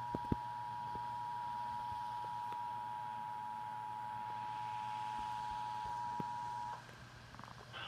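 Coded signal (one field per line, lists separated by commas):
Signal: Emergency Alert System (SAME) tones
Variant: 853 and 960 Hz attention tone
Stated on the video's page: Required monthly EAS test aired on a TV station during a morning newscast's commercial breaks.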